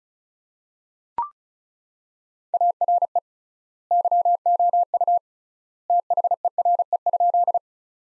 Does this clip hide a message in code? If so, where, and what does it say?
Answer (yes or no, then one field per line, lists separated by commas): yes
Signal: Morse code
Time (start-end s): 2.5-7.6 s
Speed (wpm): 36 wpm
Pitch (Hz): 700 Hz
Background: none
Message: ARE YOU THERE?